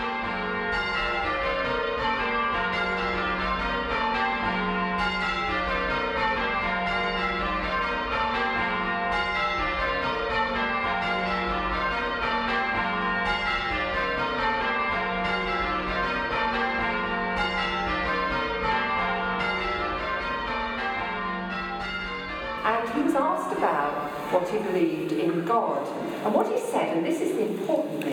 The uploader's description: birdsong, the sounds of the churchyard, the Church Clock chiming, the bells ringing , the choir with the organ, and the congregation singing